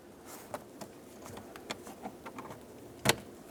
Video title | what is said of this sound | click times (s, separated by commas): How to Replace Cabin Air Filter 2009-2010 Pontiac Vibe | that should want to click right in I'm going to give it a little tug make sure it's completely secure | 3.1 s